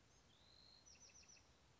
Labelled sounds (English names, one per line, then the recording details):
Bewick's Wren
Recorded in Sonoma County, California